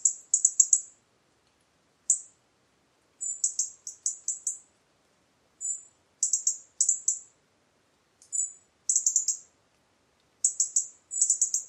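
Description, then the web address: European robin giving high, thin calls, single notes and quick clusters of sharp ticks repeated every second or so against a silent background. "Deverinetal 2025 File origin Bird Only Er Ru"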